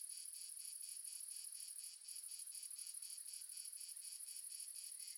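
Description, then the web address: Several crickets trilling at once, high rhythmic pulses about four per second, with a brief dip near the two-second mark. Ambience of multiple crickets recorded in the south of France. "Sonniss GDC 2017 Game Audio Bundle Red Sonic - Crickets and Frogs amb crickets multiple south france"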